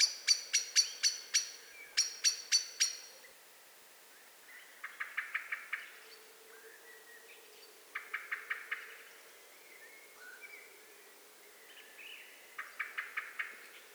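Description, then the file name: Eurasian blackbird giving two loud runs of sharp chinking notes, followed by softer, lower clicking series spaced a few seconds apart. "Turdus merula"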